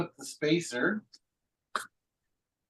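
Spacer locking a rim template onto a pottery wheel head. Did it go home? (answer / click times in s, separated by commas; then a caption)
yes / 1.8 s. Someone talks as a spacer is fitted over the center hole to secure a plastic 12.5 rim template on the head of a Speedball Artista pottery wheel. At 1.8 s a single sharp click is heard as the spacer locks into place, seating the template.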